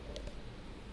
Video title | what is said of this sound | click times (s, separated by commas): YAG - Mechanical Setup | should click when it goes in | 0.2 s